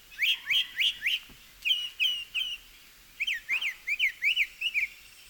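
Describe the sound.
Northern mockingbird repeating bright, whistled upslurred notes in sets of three or more, switching between varied phrases, with a brief low knock in between.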